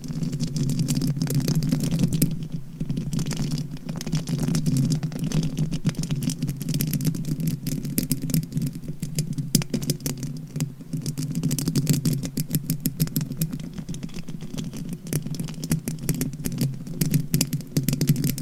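Scratching and tapping go on without a break: dense, quick clicks and scrapes pile up across the whole clip, with bursts that flare brighter around 3, 9 to 10, and 16 seconds. Underneath, a steady low hum holds throughout.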